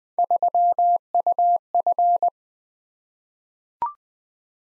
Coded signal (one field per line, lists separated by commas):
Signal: Morse code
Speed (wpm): 20 wpm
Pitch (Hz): 700 Hz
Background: none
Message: 3UF